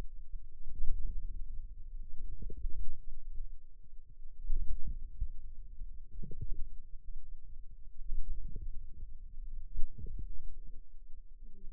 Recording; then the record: forearm muscle sounds (acoustic myography)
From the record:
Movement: wrist flexion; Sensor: system 2, bracelet of six BSWA MPA416 microphones around the upper forearm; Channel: 1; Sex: female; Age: 21 years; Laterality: right